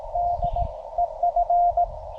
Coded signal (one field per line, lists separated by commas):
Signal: Morse code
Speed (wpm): 18 wpm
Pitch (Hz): 700 Hz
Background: none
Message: DEF